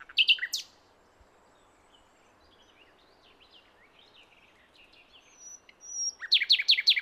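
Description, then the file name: Common nightingale song with a burst of loud chattering notes, quiet varied warbling in the middle, and a closing series of rapid, evenly repeated high notes. "Luscinia megarhynchos"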